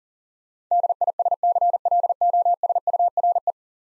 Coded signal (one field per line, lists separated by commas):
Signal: Morse code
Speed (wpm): 41 wpm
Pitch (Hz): 700 Hz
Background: none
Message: DISCLOSURE